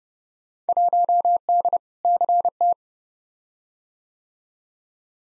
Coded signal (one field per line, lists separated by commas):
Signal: Morse code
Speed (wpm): 29 wpm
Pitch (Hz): 700 Hz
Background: none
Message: 1D CT